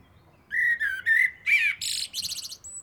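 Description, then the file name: Eurasian blackbird song phrase: several mellow, slurred whistles, then a quick scratchy twitter and a thin high note at the end, over a low rumble. "Turdus merula"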